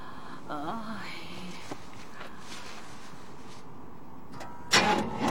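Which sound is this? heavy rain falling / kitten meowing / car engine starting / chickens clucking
car engine starting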